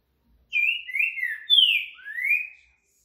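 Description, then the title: Green-winged saltator delivering a whistled four-note phrase, sliding down on the middle notes and ending with a rising slur. Rare song style called curricutil boi boca mole, used to warm up and train a caged saltator for singing contests. "TRINCA FERRO CURRICUTIL BOI BOCA MOLE"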